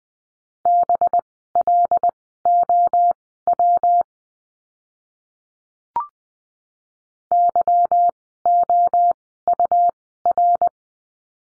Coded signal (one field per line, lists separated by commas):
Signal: Morse code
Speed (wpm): 20 wpm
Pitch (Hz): 700 Hz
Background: none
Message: BLOW YOUR